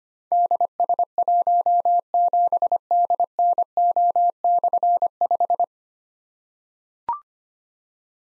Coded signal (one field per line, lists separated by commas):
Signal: Morse code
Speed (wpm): 25 wpm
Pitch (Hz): 700 Hz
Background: none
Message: DS17DNO/5